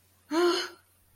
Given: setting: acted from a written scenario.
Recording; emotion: vocal sound without words; distress